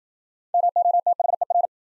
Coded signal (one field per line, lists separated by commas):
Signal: Morse code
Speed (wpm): 53 wpm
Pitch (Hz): 700 Hz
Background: none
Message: MOTHER